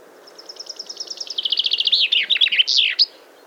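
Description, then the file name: Common chaffinch song: a series of sweet repeated notes that speed up and drop in pitch, then finish in a brief emphatic flourish, lasting about three seconds. "Fringilla coelebs"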